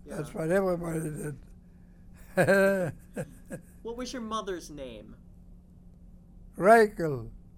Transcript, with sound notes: That's what everybody did. (he laughs)
What was your mother's name?
Rakel.